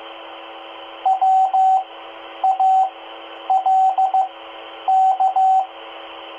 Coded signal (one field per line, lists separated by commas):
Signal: Morse code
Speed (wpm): 15 wpm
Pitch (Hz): 760 Hz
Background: radio noise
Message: WALK